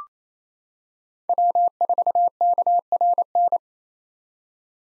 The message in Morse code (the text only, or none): W4KRN